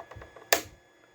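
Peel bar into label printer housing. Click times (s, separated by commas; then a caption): 0.5 s. A replacement plastic peel bar is fitted into a UPS Zebra ZP450 label printer, its right-hand notch placed in the slot and pressed down from the top. A few faint ticks lead up to one sharp snap at 0.5 s as the bar seats into its mount in the housing, confirming it is in place.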